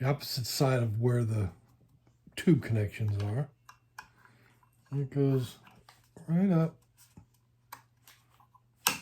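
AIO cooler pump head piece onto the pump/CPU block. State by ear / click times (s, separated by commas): seated / 8.9 s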